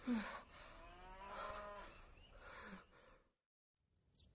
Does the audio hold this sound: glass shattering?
no